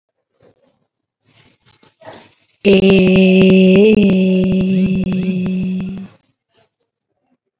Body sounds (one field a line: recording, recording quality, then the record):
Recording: sustained vowel as in made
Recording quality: moderate, slight background noise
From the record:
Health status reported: COVID-19 positive, mild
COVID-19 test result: positive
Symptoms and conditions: breathing difficulty, fatigue, hypertension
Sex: female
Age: 62 years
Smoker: not ticked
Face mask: not worn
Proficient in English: yes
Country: India